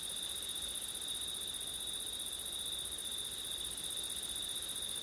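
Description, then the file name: Crickets singing, a steady unbroken high trill with a shrill band and a fainter, even higher one, continuing evenly throughout. Crickets on a September night in wind. "crickets wind september night ortif"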